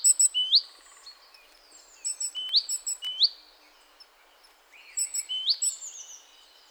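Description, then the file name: Great tit song: high ticking notes followed by rising upslurred phrases, three bursts separated by short quieter gaps. "Parus major"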